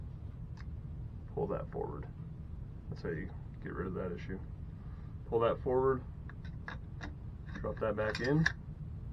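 Someone talks while handling a rifle charging handle, pulling it forward and dropping it back into the upper receiver. A few short, sharp ticks sound between the phrases, but the charging handle has not yet clicked or seated in the receiver.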